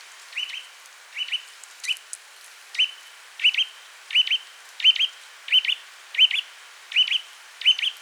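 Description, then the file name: Eurasian nuthatch call series that starts soft and grows louder, bright piping notes repeated about once every two thirds of a second. "Sitta europaea"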